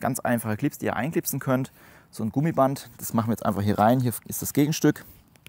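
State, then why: Not seated. Someone talks while handling one of the simple plastic chest-strap clips on a Salomon running hydration vest (Active Skin 4 or Agile 2), showing it alongside its counterpart. Only two faint, very short ticks are heard at the very end. Nothing has seated or clicked yet.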